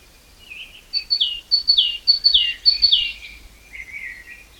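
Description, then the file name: Great tit singing a series of quick two-note phrases, high then lower, repeated steadily before fading into quieter warbling. "Parus major"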